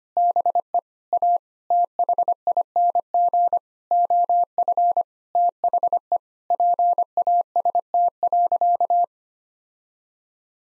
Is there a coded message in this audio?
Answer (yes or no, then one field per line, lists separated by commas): yes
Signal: Morse code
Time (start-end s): 0.2-9.0 s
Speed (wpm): 25 wpm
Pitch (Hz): 700 Hz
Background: none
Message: BE A THING OF THE PAST.